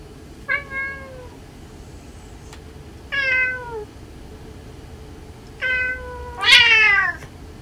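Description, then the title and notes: Cat yowling: drawn-out, falling meows repeated about every two and a half seconds, ending in a louder, harsher squall, over a steady low background hum. Tabby cat quarrelling with its older brother at home. "ねこの日常 兄弟げんか. みやちゃん"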